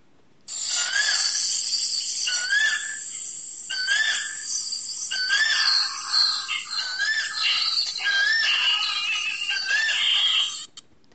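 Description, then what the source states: Koel calls: repeated rising whistled notes in steady bursts, mixed with a dense chorus of high chattering and squealing calls from other creatures. Recorded on a quiet afternoon in the village of Remuna, Odisha, India, amid much greenery.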